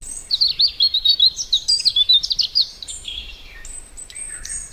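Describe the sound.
Bird twittering in a fast run of high, slurred notes, then scattered thin chirps and a lower note.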